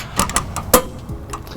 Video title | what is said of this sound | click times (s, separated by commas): 2010 Chevrolet Traverse - U-Haul Trailer Hitch Installation | as soon as you hear that click you know we're at the correct torque | 0.7 s